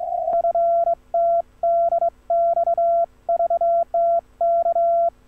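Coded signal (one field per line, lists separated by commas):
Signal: Morse code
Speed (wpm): 23 wpm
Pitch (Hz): 1360 Hz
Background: none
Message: FTDX VTK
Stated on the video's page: Ragchew QSO.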